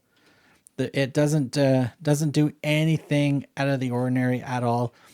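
An adjustable plastic brick assembly is pressed onto the battery box of a brick-built steampunk motorcycle set (Funwhole F9067). A single sharp click is heard at 0.7 s as it snaps into place, and the piece is seated. Someone then talks for the rest of the clip.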